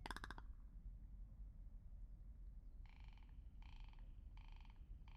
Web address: 2019 04 13 lewitt lct 540 s and rock ptarmigan